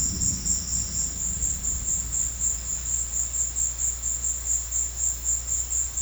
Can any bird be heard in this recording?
no